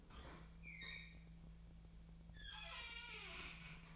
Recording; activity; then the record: daily activity, microphone in the room; open fridge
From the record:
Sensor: 1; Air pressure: 1009.7 hPa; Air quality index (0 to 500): 192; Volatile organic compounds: 19 ppm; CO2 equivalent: 2640 ppm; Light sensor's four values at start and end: 29/75/31/37 and 30/76/32/38